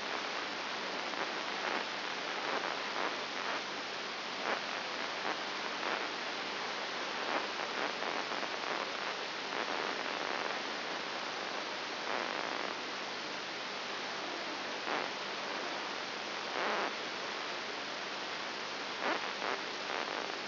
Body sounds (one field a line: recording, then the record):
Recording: brain microelectrode recording played as sound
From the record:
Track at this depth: inside the subthalamic nucleus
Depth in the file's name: 3.701 mm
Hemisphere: right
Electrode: 3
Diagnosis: Parkinson's disease